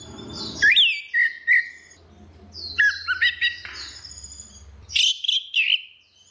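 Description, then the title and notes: Orange-headed thrush song: loud whistled phrases with rising and falling slurs and rapid chattering notes, broken by short pauses, over a faint low hum. Continuous singing (ngeplong) recording made for training other birds (masteran). "Suara Burung Anis Merah Ngeplong. Masteran Anis Kembang"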